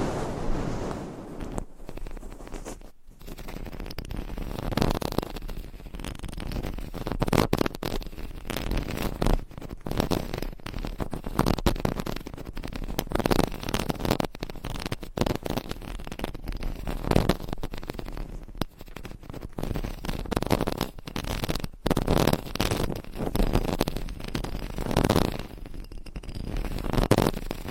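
Layered scratching on a microphone runs continuously for the whole stretch, a dense, rough rasping that swells and fades in quick irregular strokes. The scraping sits mostly in the low and middle range, with brief dropouts near three and twenty-two seconds.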